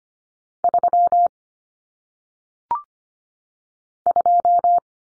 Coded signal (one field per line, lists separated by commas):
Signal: Morse code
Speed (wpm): 25 wpm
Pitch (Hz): 700 Hz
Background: none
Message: 3 2